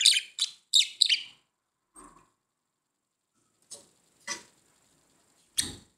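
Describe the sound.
Budgerigar chirps: a few quick sharp high notes at the start, then long silences broken by isolated short raspy calls.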